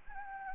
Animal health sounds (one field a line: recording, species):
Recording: mosquito wingbeat signal from an infrared sensor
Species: Anopheles gambiae